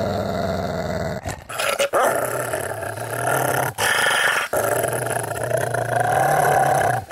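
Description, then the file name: Dog growling in a low, continuous rumble, broken by a few brief pauses for breath, then resuming just as steadily. "suono cane che ringhia"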